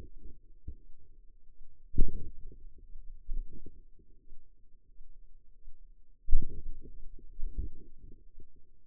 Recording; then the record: forearm muscle sounds (acoustic myography)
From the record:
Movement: hand opening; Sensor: system 2, bracelet of six BSWA MPA416 microphones around the upper forearm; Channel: 1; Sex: female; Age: 23 years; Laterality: right